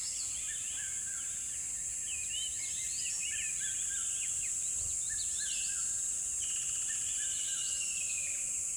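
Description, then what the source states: Many birds chirp at once, rapid short slurred notes and a few longer drawn whistles, with a constant high-pitched hiss behind them. Birds in a river bed at dawn, with chirping increasing.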